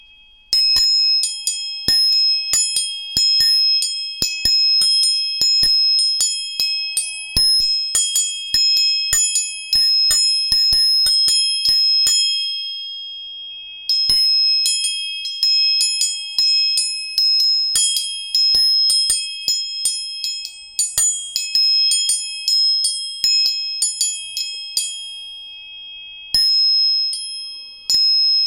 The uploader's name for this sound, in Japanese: 音叉チューニング3本